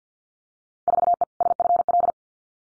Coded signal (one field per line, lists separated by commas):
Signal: Morse code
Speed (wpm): 50 wpm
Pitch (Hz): 700 Hz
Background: none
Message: 4E SFL